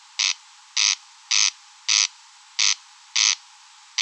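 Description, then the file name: Corn crake call: several short harsh rasps, evenly repeated with a ratcheting quality, quiet background. Recorded at Rønbjerg Enge. "Engsnarre Roenbjerg Enge"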